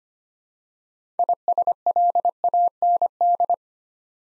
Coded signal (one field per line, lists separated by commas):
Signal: Morse code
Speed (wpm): 25 wpm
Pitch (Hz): 700 Hz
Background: none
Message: ISLAND